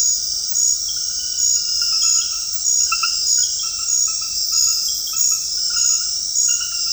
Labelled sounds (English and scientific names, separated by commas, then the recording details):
none
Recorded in dense forest near Puerto Asís, Putumayo, Colombia, on 20 February 2024 at 23:00
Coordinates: 0.485, -76.325
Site G6429